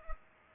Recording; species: mosquito wingbeat signal from an infrared sensor; Culex pipiens